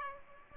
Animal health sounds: mosquito wingbeat signal from an infrared sensor; Aedes aegypti

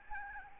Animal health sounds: mosquito wingbeat signal from an infrared sensor; Aedes albopictus

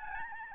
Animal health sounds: mosquito wingbeat signal from an infrared sensor; Aedes albopictus

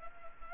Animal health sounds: mosquito wingbeat signal from an infrared sensor; Anopheles gambiae

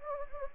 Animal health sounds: mosquito wingbeat signal from an infrared sensor; Anopheles gambiae

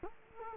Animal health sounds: mosquito wingbeat signal from an infrared sensor; Culex quinquefasciatus

